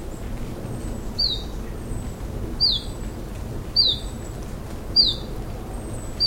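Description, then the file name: Iberian chiffchaff giving short, high, downslurred notes, one about every second and a quarter, over a steady low rumble of background noise. "iberischer zilpzalp"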